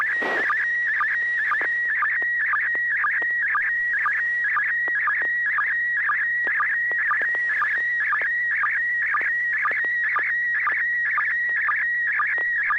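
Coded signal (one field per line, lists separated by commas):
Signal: SSTV (slow-scan television)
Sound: steady warbling tone near 1.9 kHz with regular short low blips, about two per second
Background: low hum, FM repeater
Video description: The River City ARCS SSTV Net is held Wednesday evenings at 9:00 PM Pacific Time on the N6NA FM repeater on 441.300 MHz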